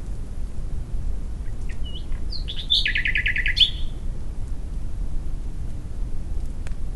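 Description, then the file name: Common nightingale song: a few thin chirps leading into a quick, even volley of repeated clicking notes, then silence apart from low background noise. "Luscinia megarhynchos"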